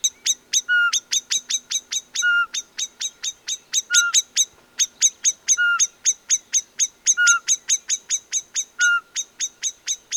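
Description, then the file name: Common blackbird chinking persistently, a fast string of metallic clicks with a short pure whistle roughly every one and a half seconds, and one brief pause midway. "Turdus merula"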